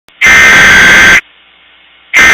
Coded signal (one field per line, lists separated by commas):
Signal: Emergency Alert System (SAME) tones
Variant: header bursts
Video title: Emergency Alert System - Nothing (S1EP2)